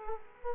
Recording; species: mosquito wingbeat signal from an infrared sensor; Culex quinquefasciatus